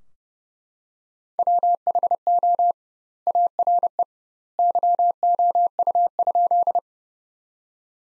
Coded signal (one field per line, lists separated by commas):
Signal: Morse code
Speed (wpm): 30 wpm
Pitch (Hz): 700 Hz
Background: none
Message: WHO ARE YOU?